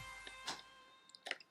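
A spring guide is inserted into the rear of a Specna Arms Core and Flex Series M4 AEG airsoft gearbox and twisted clockwise so its two tabs lock. Over a steady tonal background with small scraping ticks, a sharp click sounds at 1.3 s. The spring guide is locked and secured in the gearbox.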